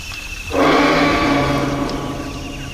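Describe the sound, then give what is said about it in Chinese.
A tyrannosaurus rex in a dinosaur park roars after a brief quiet moment, a single loud, rough, rumbling bellow that holds for over two seconds and slowly tapers off, with no one talking. “外出游览的电动汽车却偏偏停在了猛兽区，恐怖的庞然大物霸王龙掀翻了汽车，吃掉了律师。”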